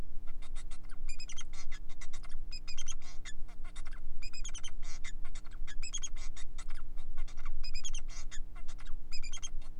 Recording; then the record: song of a male Bengalese finch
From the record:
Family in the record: son of father 4